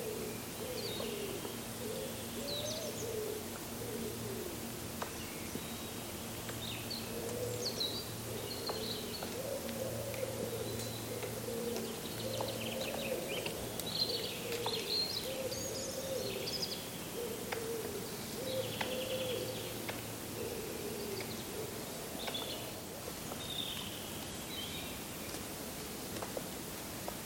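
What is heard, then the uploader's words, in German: A squirrel scolds from close overhead in a long run of rapid, scratchy chatter and high squeaks, over a steady low hum throughout. Das Geräusch eines schimpfenden Eichhörnchens direkt über mir.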